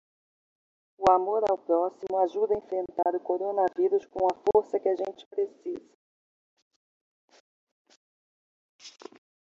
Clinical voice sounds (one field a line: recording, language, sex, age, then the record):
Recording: spoken sentence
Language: Brazilian Portuguese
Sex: female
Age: 40 to 49 years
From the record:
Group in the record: control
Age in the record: 49 years